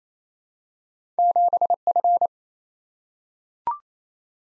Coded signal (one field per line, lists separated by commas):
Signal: Morse code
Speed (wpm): 28 wpm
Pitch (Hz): 700 Hz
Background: none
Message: 7F